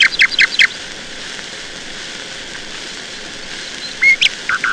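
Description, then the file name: Nightingale song: a few loud rapid notes at the start, a long quiet gap, then a short whistle and harsh notes near the end. "Solovei"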